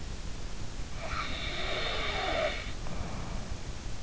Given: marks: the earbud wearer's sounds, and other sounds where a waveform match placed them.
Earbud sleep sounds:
sounds in sleep by an in-ear microphone; snoring breath
0.86-3.84 s: snoring breath

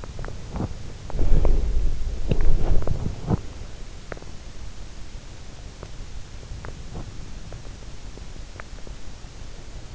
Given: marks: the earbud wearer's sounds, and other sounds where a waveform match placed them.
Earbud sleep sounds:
sounds in sleep by an in-ear microphone; body movement, teeth grinding
0.00-3.91 s: body movement
6.44-7.76 s: teeth grinding

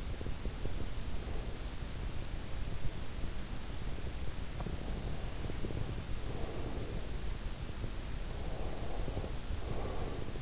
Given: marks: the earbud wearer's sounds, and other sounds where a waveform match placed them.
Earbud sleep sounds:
sounds in sleep by an in-ear microphone; breath
0.00-1.84 s: breath
4.37-7.30 s: breath
8.25-10.42 s: breath

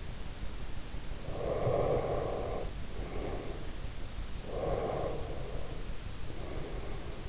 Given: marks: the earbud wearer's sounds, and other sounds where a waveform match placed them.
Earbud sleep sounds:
sounds in sleep by an in-ear microphone; breath
1.24-3.89 s: breath
4.41-7.29 s: breath

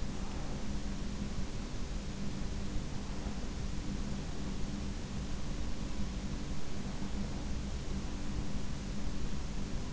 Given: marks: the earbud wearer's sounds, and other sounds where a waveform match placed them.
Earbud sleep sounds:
sounds in sleep by an in-ear microphone; breath
0.00-1.25 s: breath

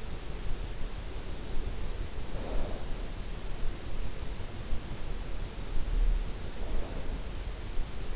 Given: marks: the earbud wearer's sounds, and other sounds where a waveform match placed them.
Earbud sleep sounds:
sounds in sleep by an in-ear microphone; snoring breath
2.17-2.91 s: snoring breath
6.43-7.20 s: snoring breath

